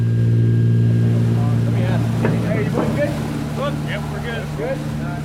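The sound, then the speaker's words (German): Landing boats loaded with US Marines motor away with a deep, steady engine drone and layered low hum that eases slightly in loudness, while high, curling chirps flutter over the rumble in the second half. “Fregattenkapitän Dennis Feuerbach verfolgt die Boote auf dem Radar.”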